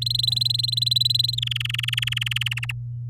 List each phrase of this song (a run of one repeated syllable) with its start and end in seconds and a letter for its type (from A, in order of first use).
0.01-1.35 A, 1.37-2.49 B, 2.51-2.72 C